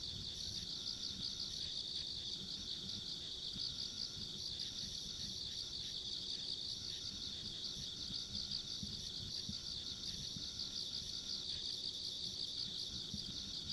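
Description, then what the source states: Insects trill together in an unbroken shrill chorus, pulsing evenly throughout, over soft low rumble. Ambient insect sounds along a rural country road.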